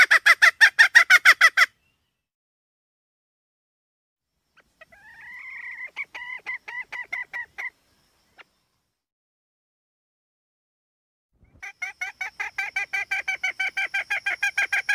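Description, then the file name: Red junglefowl hen giving fast, harsh clucks in a rapid series, a quieter run of softer notes after a pause, then another burst of clucks that grows louder. Female (hen). "tieng ga mai rung"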